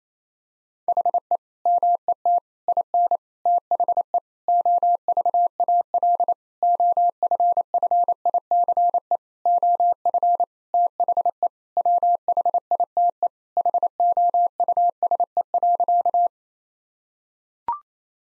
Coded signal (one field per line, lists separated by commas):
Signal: Morse code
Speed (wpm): 28 wpm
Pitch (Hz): 700 Hz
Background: none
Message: HE MET IN THE OVAL OFFICE OF THE WHITE HOUSE.